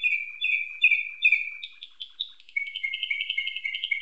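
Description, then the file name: Atlantic canary song: four repeated slurred whistled notes about every half second, then a varied phrase and a fast warbling trill. Song tutored with nightingale song (isian style). "suara kenari isian nightingale"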